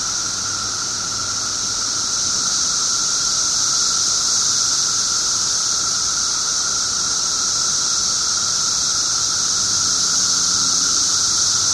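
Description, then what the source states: Periodical cicadas chorusing continuously, the high shrill wash swelling slightly toward the end, with faint low humming tones in the background. 17-year cicadas, recorded 18 June 2007 at 1:00 pm.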